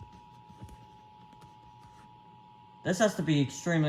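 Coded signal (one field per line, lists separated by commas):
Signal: Emergency Alert System (SAME) tones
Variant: 853 and 960 Hz attention tone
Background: speech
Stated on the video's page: Avalanche warning for Washington carried on Comcast cable TV.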